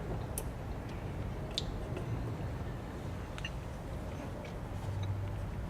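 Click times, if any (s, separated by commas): 0.4 s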